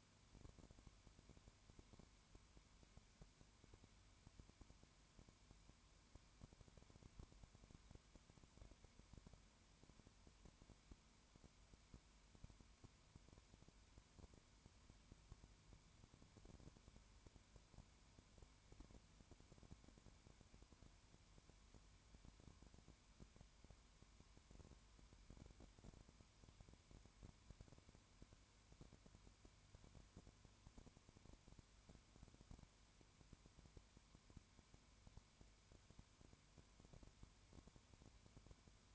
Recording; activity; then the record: daily activity, microphone in the room; no activity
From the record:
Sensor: 2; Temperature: 20.0 degrees Celsius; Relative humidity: 32.0%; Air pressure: 1001.1 hPa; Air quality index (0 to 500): 55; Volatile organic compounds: 1 ppm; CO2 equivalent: 604 ppm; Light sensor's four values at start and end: 2/3/2/2 and 2/3/2/2